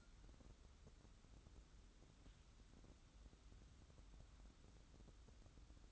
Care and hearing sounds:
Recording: daily activity, microphone in the room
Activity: wipe stove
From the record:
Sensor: 3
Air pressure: 994.4 hPa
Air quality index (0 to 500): 210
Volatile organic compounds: 1000 ppm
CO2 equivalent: 6998 ppm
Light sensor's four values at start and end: 187/450/189/186 and 187/449/188/186

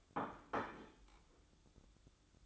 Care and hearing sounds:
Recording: daily activity, microphone in the room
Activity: place plate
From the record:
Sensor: 3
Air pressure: 1007.5 hPa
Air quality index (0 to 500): 56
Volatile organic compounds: 1 ppm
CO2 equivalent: 598 ppm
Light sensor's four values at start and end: 9/22/9/9 and 9/22/9/9

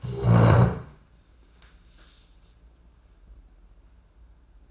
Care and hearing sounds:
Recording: daily activity, microphone in the room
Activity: stand up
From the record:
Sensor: 2

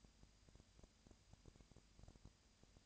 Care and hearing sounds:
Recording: daily activity, microphone in the room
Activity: no activity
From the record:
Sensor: 2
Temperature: 20.3 degrees Celsius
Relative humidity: 37.0%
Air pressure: 998.6 hPa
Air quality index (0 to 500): 236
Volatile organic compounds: 38 ppm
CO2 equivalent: 3120 ppm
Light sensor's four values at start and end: 2/3/2/2 and 2/3/2/2

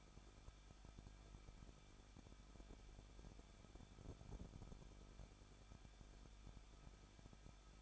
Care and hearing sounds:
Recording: daily activity, microphone in the room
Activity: no activity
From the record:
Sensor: 5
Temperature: 20.8 degrees Celsius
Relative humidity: 38.3%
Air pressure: 1006.6 hPa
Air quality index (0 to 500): 186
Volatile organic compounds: 18 ppm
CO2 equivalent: 2609 ppm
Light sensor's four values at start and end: 2/3/1/1 and 2/3/1/1

